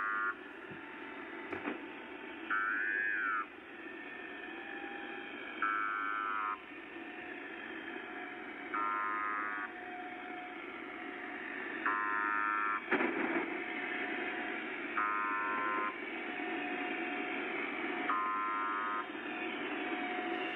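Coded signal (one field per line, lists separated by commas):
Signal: channel marker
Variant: UVB-76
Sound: short harsh buzzes, about seven, every three seconds over hissing shortwave static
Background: radio static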